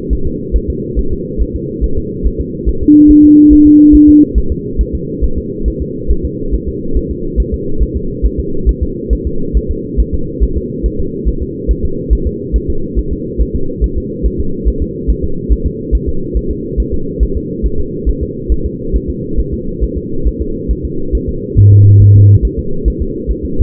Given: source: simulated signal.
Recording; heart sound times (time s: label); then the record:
fetal heart sounds
0.13 s: S1
0.27 s: S2
0.56 s: S1
0.70 s: S2
0.99 s: S1
1.13 s: S2
1.42 s: S1
1.56 s: S2
1.84 s: S1
1.98 s: S2
2.26 s: S1
2.41 s: S2
2.69 s: S1
2.83 s: S2
3.11 s: S1
3.25 s: S2
3.53 s: S1
3.67 s: S2
3.95 s: S1
4.09 s: S2
4.38 s: S1
4.52 s: S2
4.81 s: S1
4.95 s: S2
5.24 s: S1
5.38 s: S2
5.68 s: S1
5.82 s: S2
6.11 s: S1
6.25 s: S2
6.54 s: S1
6.68 s: S2
6.97 s: S1
7.11 s: S2
7.40 s: S1
7.54 s: S2
7.82 s: S1
7.97 s: S2
8.26 s: S1
8.40 s: S2
8.69 s: S1
8.83 s: S2
9.13 s: S1
9.27 s: S2
9.57 s: S1
9.71 s: S2
10.00 s: S1
10.14 s: S2
10.44 s: S1
10.57 s: S2
10.86 s: S1
11.00 s: S2
11.29 s: S1
11.43 s: S2
11.71 s: S1
11.85 s: S2
12.13 s: S1
12.27 s: S2
12.56 s: S1
12.70 s: S2
12.99 s: S1
13.13 s: S2
13.42 s: S1
13.56 s: S2
13.84 s: S1
13.98 s: S2
14.26 s: S1
14.40 s: S2
14.68 s: S1
14.82 s: S2
15.10 s: S1
15.24 s: S2
15.52 s: S1
15.66 s: S2
15.95 s: S1
16.09 s: S2
16.37 s: S1
16.51 s: S2
16.80 s: S1
16.94 s: S2
17.23 s: S1
17.37 s: S2
17.66 s: S1
17.80 s: S2
18.09 s: S1
18.23 s: S2
18.52 s: S1
18.66 s: S2
18.96 s: S1
19.10 s: S2
19.39 s: S1
19.54 s: S2
19.83 s: S1
19.98 s: S2
20.27 s: S1
20.42 s: S2
20.71 s: S1
20.85 s: S2
21.15 s: S1
21.29 s: S2
21.58 s: S1
21.72 s: S2
22.02 s: S1
22.16 s: S2
22.45 s: S1
22.59 s: S2
22.88 s: S1
23.02 s: S2
23.31 s: S1
23.45 s: S2
From the record:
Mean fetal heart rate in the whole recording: 140 bpm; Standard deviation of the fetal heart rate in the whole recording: 2 bpm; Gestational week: 34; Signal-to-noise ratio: -8.1 dB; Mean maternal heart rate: 72 bpm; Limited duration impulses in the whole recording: present